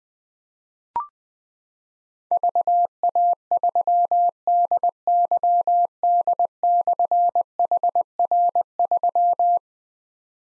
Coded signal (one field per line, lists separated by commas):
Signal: Morse code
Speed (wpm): 20 wpm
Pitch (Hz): 700 Hz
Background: none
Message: VA3DYD/HR3